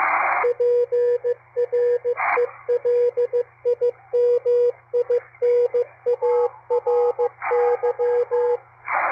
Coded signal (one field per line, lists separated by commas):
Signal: Morse code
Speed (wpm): 15 wpm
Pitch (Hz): 480 Hz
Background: radio noise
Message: PRELIMINARY